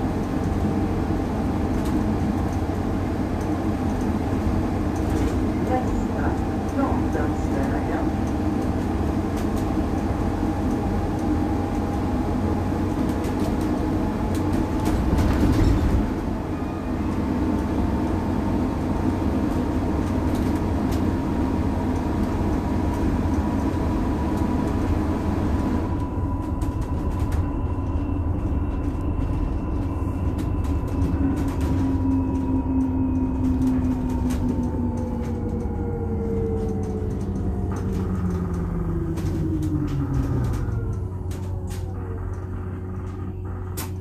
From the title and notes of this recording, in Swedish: Lyssna in Min Bussresa - Lunchtid klockan 11:29.